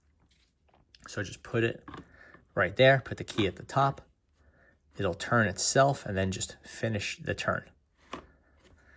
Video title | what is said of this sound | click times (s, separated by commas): Dyson Ball Animal: 3 How To Wash The Filters | It's locked into place, and you now need to put this piece back on. | 8.1 s